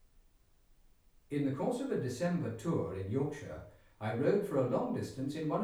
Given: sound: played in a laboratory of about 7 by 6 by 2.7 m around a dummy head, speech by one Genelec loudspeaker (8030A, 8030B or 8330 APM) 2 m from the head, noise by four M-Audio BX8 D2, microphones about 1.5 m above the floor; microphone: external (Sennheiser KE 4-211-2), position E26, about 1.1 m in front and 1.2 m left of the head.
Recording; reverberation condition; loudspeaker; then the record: male speech in English; medium; 120 degrees to the right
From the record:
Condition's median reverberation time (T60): about 510 ms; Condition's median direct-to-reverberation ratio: about -0.5 dB